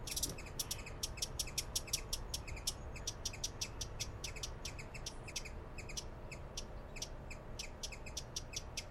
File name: broad billed hummingbird